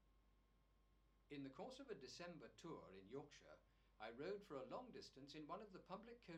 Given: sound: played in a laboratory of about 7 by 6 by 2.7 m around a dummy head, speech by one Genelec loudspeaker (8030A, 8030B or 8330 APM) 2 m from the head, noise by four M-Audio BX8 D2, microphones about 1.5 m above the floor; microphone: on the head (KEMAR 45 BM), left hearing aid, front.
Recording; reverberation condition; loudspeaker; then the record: male speech in English; low; 120 degrees to the left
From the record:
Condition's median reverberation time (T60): about 310 ms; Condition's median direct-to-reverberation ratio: about 3.5 dB